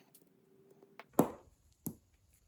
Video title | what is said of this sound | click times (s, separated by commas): ABU Garcia 6500 CS Pro Rocket Black Edition Maintenance Complete Tear Down PART 1 | It just snaps into place. | 1.9 s